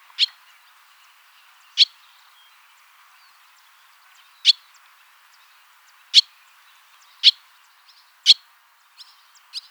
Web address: hirundo rustica call